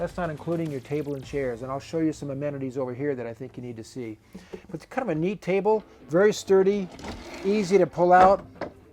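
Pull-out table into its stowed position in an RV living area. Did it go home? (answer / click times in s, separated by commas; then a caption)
no / none. A pull-out table in the living area of a 2015 Itasca Ellipse 42 QD RV is handled and pulled out on its way to its stowed position while someone talks throughout. The clip ends before the table is put away and locked, so nothing has seated or clicked yet.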